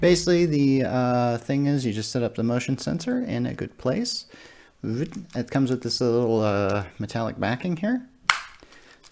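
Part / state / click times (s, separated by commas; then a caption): smart motion sensor onto its metallic mounting backing / seated / 8.3 s. A C by GE smart motion sensor, a small plastic unit, is pressed onto its metallic mounting backing plate while someone talks. The talking stops, and a sharp, loud snap at 8.3 seconds marks the sensor clicking into place on the backing.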